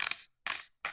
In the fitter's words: I mean, even the click sounds 50 years old, doesn't it, when you take it apart?